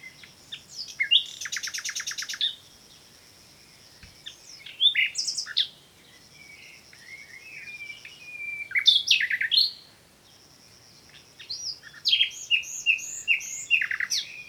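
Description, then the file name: Common nightingale song: several phrases including a fast rattling trill, varied whistles and chirps, with short pauses between phrases. "Luscinia megarhynchos"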